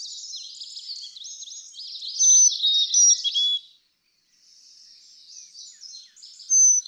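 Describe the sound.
Carolina chickadee song, a short series of pure descending whistles near the middle, surrounded by crowded high twitters, then a brief pause and more chatter.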